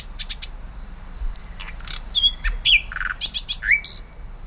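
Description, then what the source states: Common nightingale song of varied short phrases: sharp chirps, clicks and brief rising and falling whistles in an irregular sequence, with a faint steady high hum behind. Composing its song, repeating a motif then modifying it, as it does all night; sings around the clock in spring and early summer, standing out most at night.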